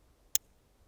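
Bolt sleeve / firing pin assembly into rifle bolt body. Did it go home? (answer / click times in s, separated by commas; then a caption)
yes / 0.4 s. While a Zastava M48 rifle bolt is reassembled, the bolt sleeve and firing pin assembly is screwed into the steel bolt body, and a button is pressed to let it pass the bolt handle. A single sharp, broadband metallic click sounds at 0.4 s against a quiet background. The assembly snaps home and is seated in place.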